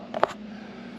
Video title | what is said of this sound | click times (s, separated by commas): Flat Towing Nightmare! Rock Hard 4X4 Bumper Fails on Our Bronco - RV Life Problems | hopefully you can see that this is a clip right here snapped into place there that'll keep that from | 0.2 s